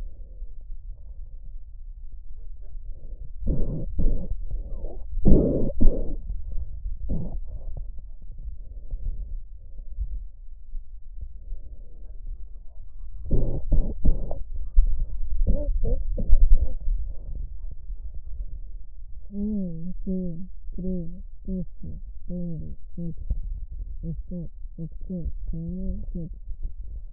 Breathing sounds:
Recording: lung sounds by stethoscope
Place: left anterior apical chest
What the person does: quiet breathing, then cough and speech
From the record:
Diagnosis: asthma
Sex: female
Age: 56 years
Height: 161 cm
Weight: 85 kg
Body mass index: 32.8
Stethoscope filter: extended mode

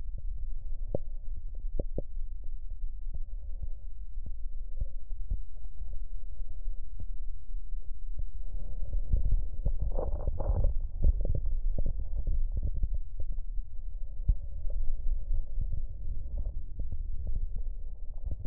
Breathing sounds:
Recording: lung sounds by stethoscope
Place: right posterior basal chest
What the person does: quiet breathing, then deep breathing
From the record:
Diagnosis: COPD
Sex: male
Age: 70 years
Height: 183 cm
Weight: 116 kg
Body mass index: 34.6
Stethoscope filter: extended mode

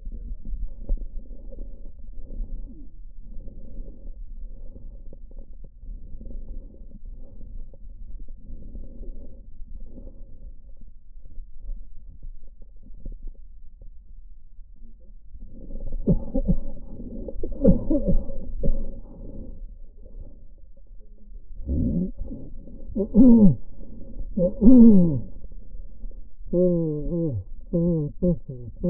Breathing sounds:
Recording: lung sounds by stethoscope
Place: left posterior basal chest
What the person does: quiet breathing, then cough and speech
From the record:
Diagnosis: COPD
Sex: male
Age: 75 years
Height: 182 cm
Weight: 98 kg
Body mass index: 29.6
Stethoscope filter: diaphragm mode

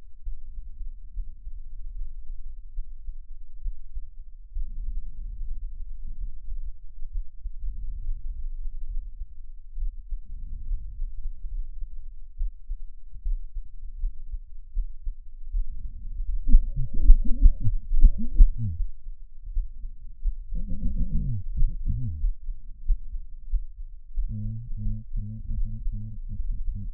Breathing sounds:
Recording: lung sounds by stethoscope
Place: left anterior apical chest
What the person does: quiet breathing, then cough and speech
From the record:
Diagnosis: none (healthy)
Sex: male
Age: 45 years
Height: 173 cm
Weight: 92 kg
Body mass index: 30.7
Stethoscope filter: bell mode

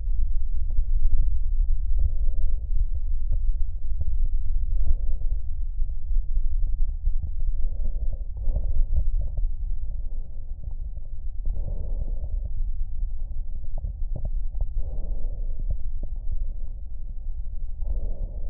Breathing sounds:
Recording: lung sounds by stethoscope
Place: left anterior apical chest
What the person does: quiet breathing, then deep breathing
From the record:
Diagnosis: COPD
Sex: male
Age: 78 years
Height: 162 cm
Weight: 66.4 kg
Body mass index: 25.3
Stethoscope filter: extended mode

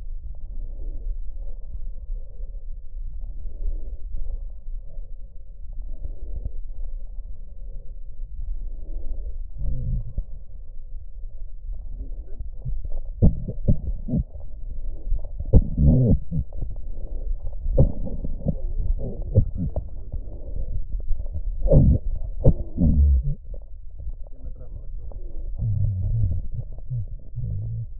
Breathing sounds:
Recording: lung sounds by stethoscope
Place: right posterior basal chest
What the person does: quiet breathing, then cough and speech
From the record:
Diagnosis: pulmonary infection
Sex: male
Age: 69 years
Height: 184 cm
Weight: 115 kg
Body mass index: 34.0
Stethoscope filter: extended mode

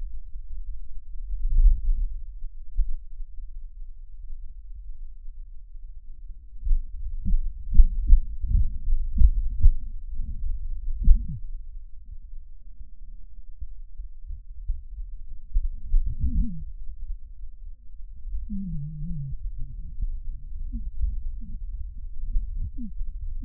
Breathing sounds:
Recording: lung sounds by stethoscope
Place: right posterior basal chest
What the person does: quiet breathing, then cough and speech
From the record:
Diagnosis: interstitial lung disease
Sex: male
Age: 82 years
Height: 158 cm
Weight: 49 kg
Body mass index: 19.6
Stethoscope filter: bell mode

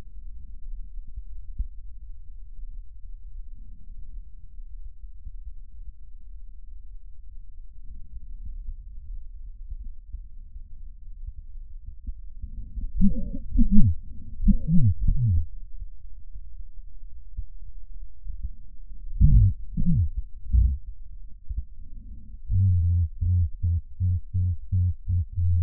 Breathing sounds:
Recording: lung sounds by stethoscope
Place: left posterior basal chest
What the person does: quiet breathing, then cough and speech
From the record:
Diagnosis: none (healthy)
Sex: male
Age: 34 years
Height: 174 cm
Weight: 93 kg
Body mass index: 30.7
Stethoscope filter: bell mode

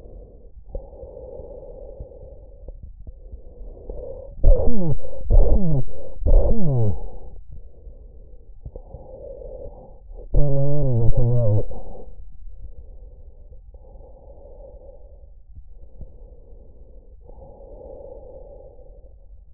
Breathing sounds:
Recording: lung sounds by stethoscope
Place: trachea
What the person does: quiet breathing, then cough and speech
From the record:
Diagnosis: COPD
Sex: male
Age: 64 years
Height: 166 cm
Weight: 92.7 kg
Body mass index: 33.6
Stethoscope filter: extended mode

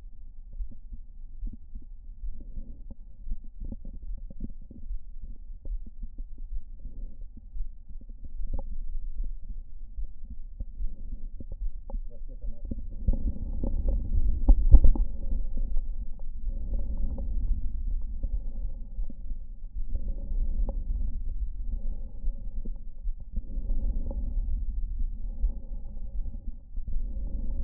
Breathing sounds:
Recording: lung sounds by stethoscope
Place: right anterior apical chest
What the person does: quiet breathing, then deep breathing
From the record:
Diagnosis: pulmonary infection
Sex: male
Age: 86 years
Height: 165 cm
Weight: 65 kg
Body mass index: 23.9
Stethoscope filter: diaphragm mode

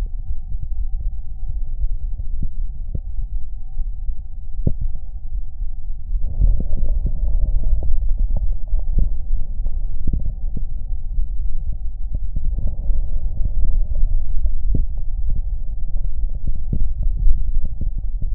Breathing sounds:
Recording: lung sounds by stethoscope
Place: right anterior apical chest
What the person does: quiet breathing, then deep breathing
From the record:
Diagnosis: interstitial lung disease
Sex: male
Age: 61 years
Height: 172 cm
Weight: 71 kg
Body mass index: 24.0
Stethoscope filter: extended mode

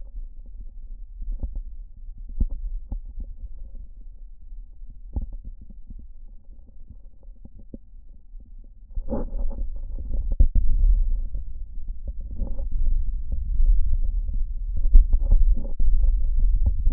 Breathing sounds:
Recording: lung sounds by stethoscope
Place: right posterior basal chest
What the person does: quiet breathing, then deep breathing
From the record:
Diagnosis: COPD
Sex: male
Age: 70 years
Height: 163 cm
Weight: 64.6 kg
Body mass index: 24.3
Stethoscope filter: diaphragm mode

